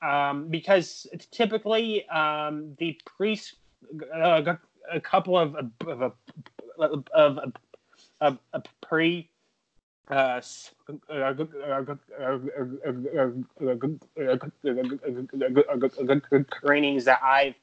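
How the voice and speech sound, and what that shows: A man who stutters speaks in bursts, repeating "of a" several times, stretching an "s" sound, and falling silent for about five seconds before forcing out "trainings". These repetitions, prolongations and a long silent block are typical of stuttering.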